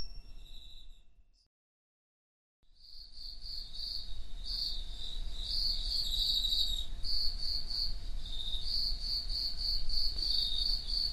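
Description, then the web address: Cricket song: after a short silent gap, rapid high-pitched pulsed chirps follow one another almost without pause, with a steady low rumble beneath. "Hoerbeispiele Grillen"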